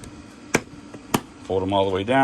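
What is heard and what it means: The side latch tabs on stacked plastic Dewalt Deep Pro Organizer boxes are undone to disconnect the boxes, giving two sharp clicks at 0.6 s and 1.1 s as the tabs come open before the boxes are folded down. Someone talks at the end, and the latches are released.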